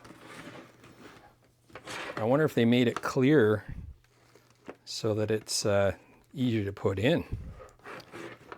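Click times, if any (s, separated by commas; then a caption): none. A plastic Flow visor is handled at the side mount of a BRP Oxygen helmet while someone talks, with a few faint handling noises between the words. Nothing has seated or clicked yet by the end of the clip.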